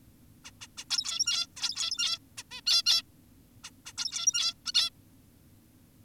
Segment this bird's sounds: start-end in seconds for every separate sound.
0.45-0.51, 0.61-0.67, 0.78-0.85, 0.90-1.47, 1.57-2.19, 2.38-2.43, 2.51-2.61, 2.67-2.83, 2.86-3.02, 3.64-3.70, 3.86-3.93, 3.98-4.54, 4.66-4.72, 4.75-4.90